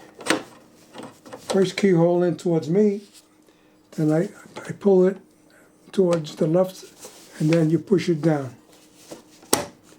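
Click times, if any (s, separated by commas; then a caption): 9.5 s. An embroidery hoop is slid left onto a Brother embroidery machine's carriage arm and pushed down while someone talks. A sharp, loud click at 9.5 seconds marks the hoop latching into place, seated.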